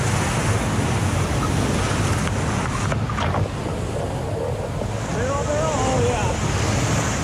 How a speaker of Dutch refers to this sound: Met de felgekleurde zwemvesten en helmen. En dan dat kolkende water trotseren.